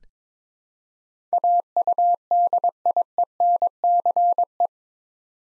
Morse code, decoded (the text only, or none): AUDIENCE